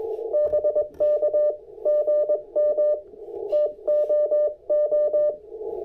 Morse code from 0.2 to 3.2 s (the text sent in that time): BK GM